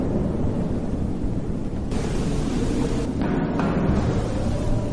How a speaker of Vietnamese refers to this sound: Cơn bão lại nổi lên với tất cả sự dữ dội của nó. Gió quất mạnh nước mưa vào đoàn tàu với một tiếng động tựa như tiếng động của hàng trăm cái đe thợ rèn, và tuyết tan bám vào những cửa kính che khuất hoàn toàn cảnh vật bên ngoài.